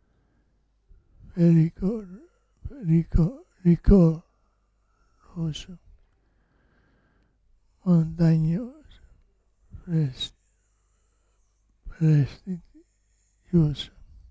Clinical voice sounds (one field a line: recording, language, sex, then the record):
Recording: read list of words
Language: Italian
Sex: male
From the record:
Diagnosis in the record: Parkinson's disease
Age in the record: 65 years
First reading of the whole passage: 164 s, 3.2 characters per second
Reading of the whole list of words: 151 s, 1.9 characters per second